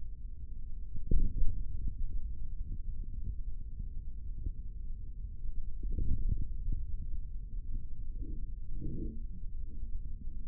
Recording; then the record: forearm muscle sounds (acoustic myography)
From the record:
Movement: index flexion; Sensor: system 3, bracelet of six PUI Audio POM-2738L microphones around the upper forearm, with dedicated amplification and filtering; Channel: 1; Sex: male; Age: 55 years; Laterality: right